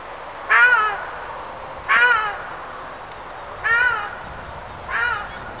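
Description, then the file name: Ruddy shelduck nasal honking calls, four 'aang' notes spaced about one and a half seconds apart. "ogar golos"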